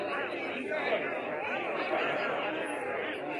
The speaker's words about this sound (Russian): В отдалении перекликались голоса.